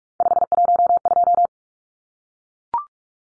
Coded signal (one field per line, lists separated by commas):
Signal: Morse code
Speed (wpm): 44 wpm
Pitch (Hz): 700 Hz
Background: none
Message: 512